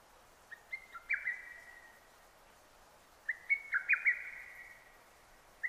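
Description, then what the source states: Lesser cuckoo giving two quick staccato phrases of clipped high notes, the second louder, separated by a pause. Recorded 6 June 2009.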